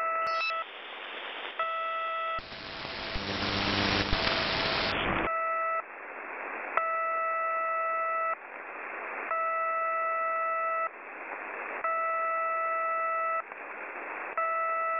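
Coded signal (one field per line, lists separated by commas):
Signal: channel marker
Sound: repeated roughly one-second buzzy multi-tone beeps with brief gaps, one louder hiss burst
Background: radio static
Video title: 7700 kHz, UNID New marker, Beeps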